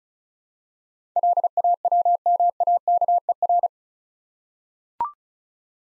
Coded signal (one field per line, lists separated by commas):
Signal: Morse code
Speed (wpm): 34 wpm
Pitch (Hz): 700 Hz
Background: none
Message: LAWMAKER